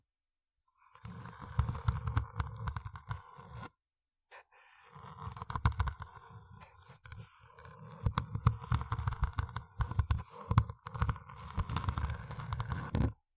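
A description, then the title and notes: Deep brain scratching ASMR: dense, rapid scratching with a low rumbling body and sharp crackly tips, running in bursts. It stops briefly just before the four-second mark, then returns busier and louder, with frequent sharp clicks until a sudden stop near thirteen seconds. ASMR Deep Brain Scratching（No Talking）.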